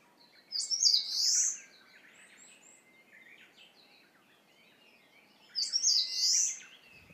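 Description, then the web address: Eastern crowned warbler singing two high, buzzy phrases about five seconds apart, each ending in a wheezy flourish, with a thin steady whistled note and soft chirps underneath. "izumino saunndo senndaimusikui"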